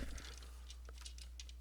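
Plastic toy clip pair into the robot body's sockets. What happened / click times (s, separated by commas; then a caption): The plastic clip plugged in and seated / 1.4 s. A second pair of plastic alligator-style clips on the back of a toy animal is plugged into the sockets of the robot body. A few faint plastic taps and handling noises come first, then one clear click at 1.4 s as the clips seat in place.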